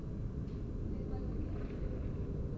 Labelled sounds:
none
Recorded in Germany
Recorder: ecoPi

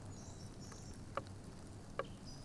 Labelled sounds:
Song Thrush
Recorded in Germany
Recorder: ecoPi

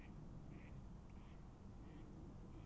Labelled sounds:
Mallard
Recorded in Germany
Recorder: ecoPi

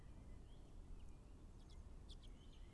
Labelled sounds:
Common Chaffinch
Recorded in Germany
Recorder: ecoPi

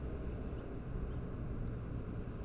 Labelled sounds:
Tawny Owl
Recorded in Germany
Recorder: ecoPi

